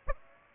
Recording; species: mosquito wingbeat signal from an infrared sensor; Aedes aegypti